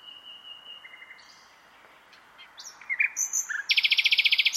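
Bird sound: faint thin whistles and soft chirps at first, building to a loud, fast, buzzy high trill at the end.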